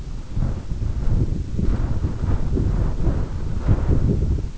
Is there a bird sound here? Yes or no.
no